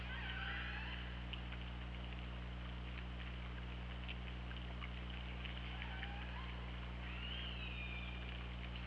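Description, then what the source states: Killer whale calls open with a bending harmonic tone, followed by scattered clicks over a low hum, then a rising and falling call near the end. Recorded by the OrcaLab hydrophone, underwater, on 24 August 2017 at 08:04.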